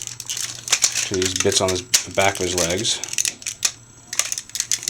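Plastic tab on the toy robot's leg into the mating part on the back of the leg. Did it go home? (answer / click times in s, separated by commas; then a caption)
yes / 4.7 s. A plastic tab on the leg of a Power Rangers SPD Omega Max Megazord (Dekaranger Dekabike) transforming robot toy is pressed onto the mating part on the back of the leg, with light plastic clicks and rattles while someone talks. The tab snaps into place with a sharp click at 4.7 s, and the part is seated.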